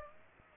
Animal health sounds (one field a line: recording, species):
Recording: mosquito wingbeat signal from an infrared sensor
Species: Aedes aegypti